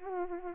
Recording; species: mosquito wingbeat signal from an infrared sensor; Anopheles arabiensis